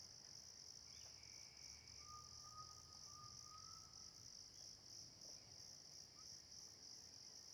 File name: Pessoa assoviando na mata com grilos e passaros